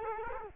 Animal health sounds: mosquito wingbeat signal from an infrared sensor; Culex quinquefasciatus

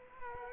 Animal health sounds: mosquito wingbeat signal from an infrared sensor; Culex quinquefasciatus

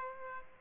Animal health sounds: mosquito wingbeat signal from an infrared sensor; Aedes aegypti

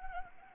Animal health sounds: mosquito wingbeat signal from an infrared sensor; Anopheles arabiensis

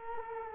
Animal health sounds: mosquito wingbeat signal from an infrared sensor; Culex quinquefasciatus

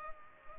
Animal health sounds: mosquito wingbeat signal from an infrared sensor; Culex pipiens

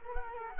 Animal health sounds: mosquito wingbeat signal from an infrared sensor; Culex quinquefasciatus

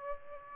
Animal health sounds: mosquito wingbeat signal from an infrared sensor; Aedes albopictus

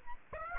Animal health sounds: mosquito wingbeat signal from an infrared sensor; Aedes aegypti

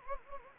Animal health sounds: mosquito wingbeat signal from an infrared sensor; Anopheles gambiae

